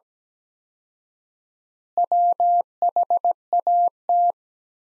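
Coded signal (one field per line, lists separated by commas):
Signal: Morse code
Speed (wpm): 17 wpm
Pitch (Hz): 700 Hz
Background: none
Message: WHAT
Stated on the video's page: Morse practice sentences from the top 100 words at 17 wpm with 4x standard word spacing, a Farnsworth-like word-spacing drill.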